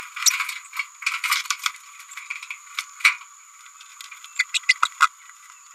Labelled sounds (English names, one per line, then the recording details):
Green-rumped Parrotlet babbling
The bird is a male
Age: 28 days
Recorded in a nest box in Venezuela
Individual 17B102A4